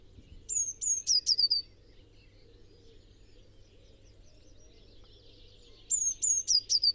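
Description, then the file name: Eurasian blue tit calling two bursts of four or five rapid, high, descending notes, one at the start and one at the end, separated by quiet. "Cyanistes caeruleus"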